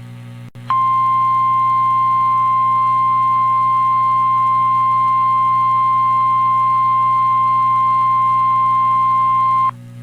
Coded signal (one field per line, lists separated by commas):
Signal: Emergency Alert System (SAME) tones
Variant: 1050 Hz attention tone